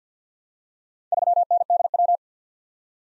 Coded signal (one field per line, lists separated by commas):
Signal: Morse code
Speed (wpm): 52 wpm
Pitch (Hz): 700 Hz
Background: none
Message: 3NDW